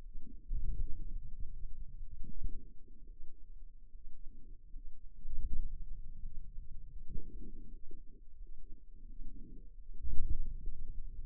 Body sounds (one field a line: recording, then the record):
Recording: forearm muscle sounds (acoustic myography)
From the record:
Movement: ulnar deviation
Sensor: system 2, bracelet of six BSWA MPA416 microphones around the upper forearm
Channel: 3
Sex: female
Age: 23 years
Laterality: right